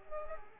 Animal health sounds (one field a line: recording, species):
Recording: mosquito wingbeat signal from an infrared sensor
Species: Culex pipiens